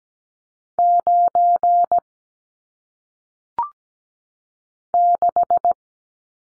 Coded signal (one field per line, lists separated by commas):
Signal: Morse code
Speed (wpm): 17 wpm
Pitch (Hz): 700 Hz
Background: none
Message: 9 6